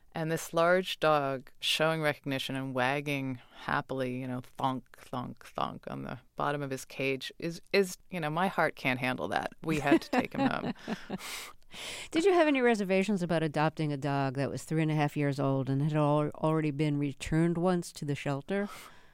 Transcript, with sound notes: And this large dog, showing recognition and wagging happily, you know, thunk, thunk, thunk on the bottom of his cage is - you know, my heart can't handle that.
(Laughter).
We had to take him home.
Did you have any reservations about adopting a dog that was 3 and a half years old and had already been returned once to the shelter?